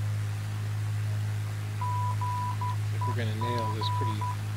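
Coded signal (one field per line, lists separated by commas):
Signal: Morse code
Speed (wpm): 12 wpm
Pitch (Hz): 990 Hz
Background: speech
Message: GEG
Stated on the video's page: Heard in Flight Simulator X while flying a Piper PA-28-181 Cherokee to Sandpoint, Idaho.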